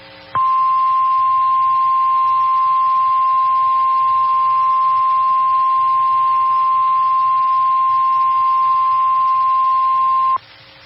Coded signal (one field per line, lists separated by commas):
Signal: Emergency Alert System (SAME) tones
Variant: 1050 Hz attention tone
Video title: Severe T-Storm Warning (EAS #11) 5/1/913